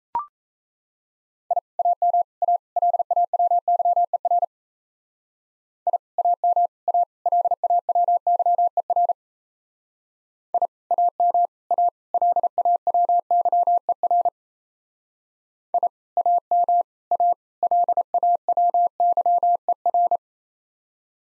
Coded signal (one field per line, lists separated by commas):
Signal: Morse code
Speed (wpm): 36 wpm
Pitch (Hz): 700 Hz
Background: none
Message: I AM A LAWYER I AM A LAWYER I AM A LAWYER I AM A LAWYER